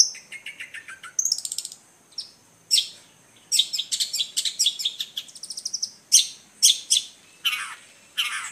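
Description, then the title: Long-tailed shrike song mixing dry buzzy rattles, clear whistled notes and harsh descending slurs, phrases changing quickly in a varied sequence. Combination song. "Kicau Pentet Kombinasi"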